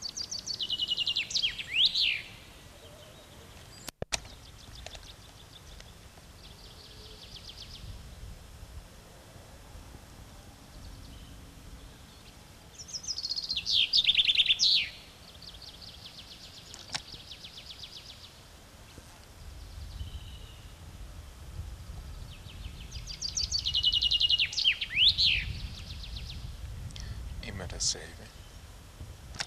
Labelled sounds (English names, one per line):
Common Chaffinch song